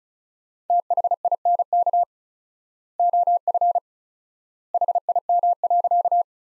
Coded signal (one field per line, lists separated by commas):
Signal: Morse code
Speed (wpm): 34 wpm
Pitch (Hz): 700 Hz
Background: none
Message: THINK OF HIM.